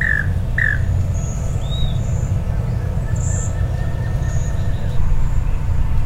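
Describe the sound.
Bird calls: two harsh, downslurred notes near the start, then thin high whistles scattered throughout, over a steady low rumble.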